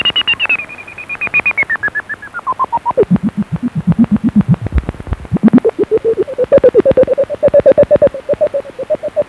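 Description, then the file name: Lesser horseshoe bat echolocation calls heard as a rapid, steady train of tonal pulses whose pitch glides downward, dips very low, then climbs and levels off at a mid pitch. Haute-Vienne, France, May 1991. "R-hipposideros Hte-Vienne mai 1991 M-Barataud"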